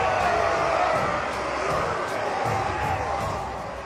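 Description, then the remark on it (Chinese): A frenzied crowd roars continuously around a fire, a dense wall of many voices shouting and howling together, loud and sustained with brief surges over a few seconds. “他看着身边狂吼着的人群，他们的双眼都变成了闪着猩红光芒的一对小孔，他意识到疯狂这个词比他所想的更加贴切。”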